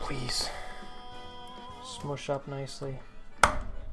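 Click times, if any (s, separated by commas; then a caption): 3.4 s. During a Cobi tank build, a plastic brick piece is pressed down onto the studs of the brick model base below while someone talks over music. At 3.4 s it seats with a sharp click, a nice satisfying click that shows the brick has snapped into place.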